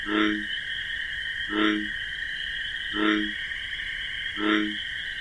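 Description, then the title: Bullfrog calling: four deep, rounded croaks evenly spaced, set against an unbroken high-pitched cricket drone. Wetland at night among marsh grasses, bullfrog giving its distinctive 'jug-o-rum' call amid a continuous chorus of chirping crickets. "Bullfrog Sound. The Wondrous Wetlands"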